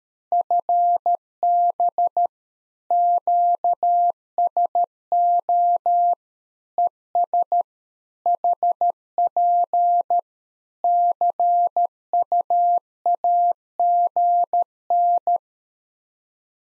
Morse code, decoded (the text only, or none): FB QSO ES HP CUAGN